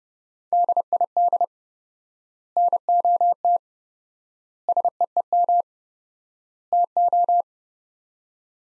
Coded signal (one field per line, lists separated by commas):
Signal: Morse code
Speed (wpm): 32 wpm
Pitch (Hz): 700 Hz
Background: none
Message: DID NOT SEEM TO